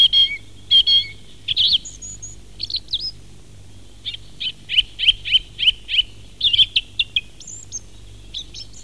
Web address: fugler maaltrost